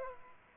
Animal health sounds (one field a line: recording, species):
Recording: mosquito wingbeat signal from an infrared sensor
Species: Aedes aegypti